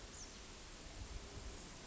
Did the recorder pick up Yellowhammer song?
no